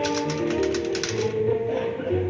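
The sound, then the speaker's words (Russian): A typist types on a typewriter while taking dictation in an office in Moscow. A rapid, steady run of crisp key strikes clacks for about a second over a sustained, humming tonal background, then the typing fades and the tones carry on alone. “Он перелистывает бумаги, диктует машинистке.”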